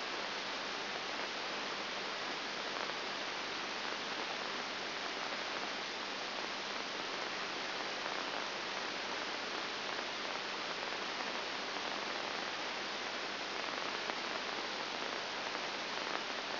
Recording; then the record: brain microelectrode recording played as sound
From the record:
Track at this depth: inside the subthalamic nucleus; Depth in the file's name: 1.105 mm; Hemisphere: left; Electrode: 2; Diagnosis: Parkinson's disease